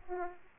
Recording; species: mosquito wingbeat signal from an infrared sensor; Aedes aegypti